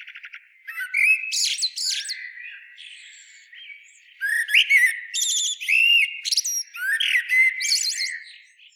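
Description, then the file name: Common blackbird singing a run of warbled, fluty phrases, each mixed with sharp, squeaky high twitters, following one another with only brief breaks. "Turdus merula"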